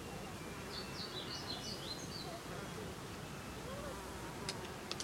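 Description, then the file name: Blue seedeater giving a thin, high phrase of quick downslurred notes lasting over a second, over steady hiss, with a few sharp clicks near the end. "Amaurospiza concolor - Blue Seedeater"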